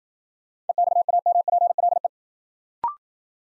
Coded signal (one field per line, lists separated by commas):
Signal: Morse code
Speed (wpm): 52 wpm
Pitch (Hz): 700 Hz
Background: none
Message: EXAMPLE